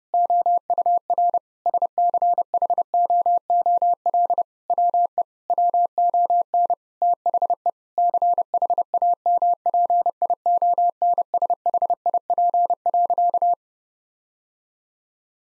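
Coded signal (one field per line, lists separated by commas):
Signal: Morse code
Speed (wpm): 30 wpm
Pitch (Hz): 700 Hz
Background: none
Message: OUR SCHOOL WE WON THE CHAMPIONSHIP.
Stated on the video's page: Morse practice at 30 wpm: sentences of common eight-word phrases, sent, spoken, then sent again, for head-copy training.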